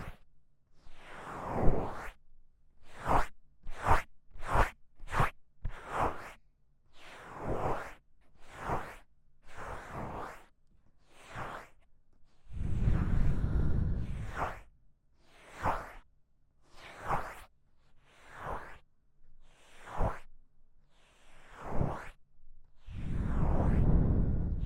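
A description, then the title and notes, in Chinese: Dry rubbing and brushing against the ears, heard as quick swishing strokes about once a second with short silent gaps between them. Two longer, heavier rubs around the middle and at the very end add a deep, muffled rumble. ASMR×KU100 | 搓耳朵!!我搓搓搓。Ear Massage | NO Talking。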